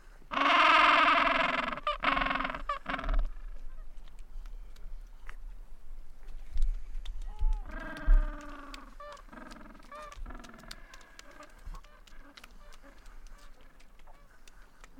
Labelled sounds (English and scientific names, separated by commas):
Gentoo Penguin (Pygoscelis papua) call